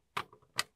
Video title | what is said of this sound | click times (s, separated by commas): Replacing OEM HSI (Hot Surface Ignition) boards with Resideo's S9200 Universal HSI board | It only goes on one way and snaps in place. | 0.6 s